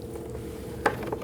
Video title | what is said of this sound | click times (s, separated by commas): How to Replace Coolant Temperature Sensor 2001-2009 Volvo S60 2.5L L5 | line that up and push that on. You should feel it and hear it click into place. | 0.9 s